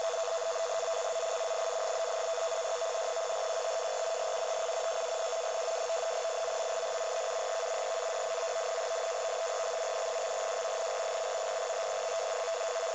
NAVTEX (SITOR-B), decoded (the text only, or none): ZCZC IA16 141524 UTC JAN 22 IZMIR TURK RADIO NAVTEX N/W NR: 0050/22